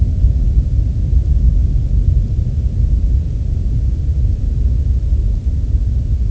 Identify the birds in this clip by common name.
none